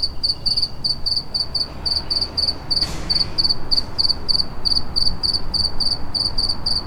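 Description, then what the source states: Cricket chirps, high and pulsed, repeated rapidly; a single dull thump interrupts near three seconds, with low rumble throughout. Recorded in a city.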